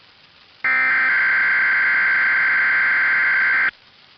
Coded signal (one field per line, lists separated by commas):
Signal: Emergency Alert System (SAME) tones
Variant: header bursts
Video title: Compilation of Alerts from 2019 (read description) EAS #507 - 512